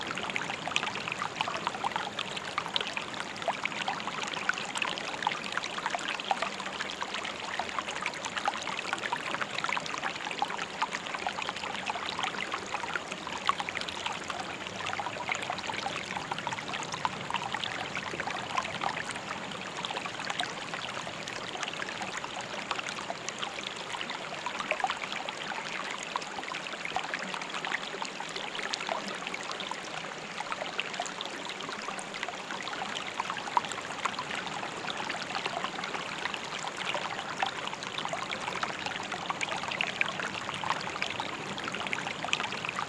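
A woodland stream rushes steadily past, a dense, even wash of splashing and trickling that stays bright for the whole stretch with no breaks or swells. Beneath the water, a soft low hum lingers faintly in the background.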